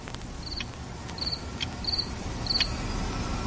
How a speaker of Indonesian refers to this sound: belakang kosanku ini terdapat tanah kosong yang lumayan luas, dipenuhi rumput liar yang tinggi serta beberapa pohon yang besar. Jadi tak ayal jika malam hari sering sekali terdengar suara jangkrik.